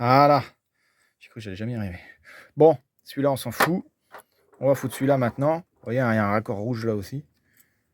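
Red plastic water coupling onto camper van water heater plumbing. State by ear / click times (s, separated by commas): not seated / none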